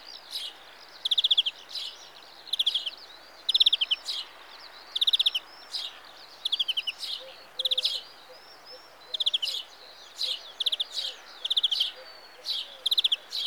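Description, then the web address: European greenfinch calling steadily: bright, fast-pulsed trill bursts repeated many times, with faint low chirps and soft twitters underneath. "BBC Sound Effects Library. Greenfinch (Carduelis Chloris)"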